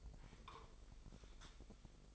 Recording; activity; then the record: daily activity, microphone in the room; take from stove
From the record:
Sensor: 5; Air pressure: 999.5 hPa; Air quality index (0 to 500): 220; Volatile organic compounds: 20 ppm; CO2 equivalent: 2692 ppm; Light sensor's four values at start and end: 30/67/28/27 and 29/67/27/27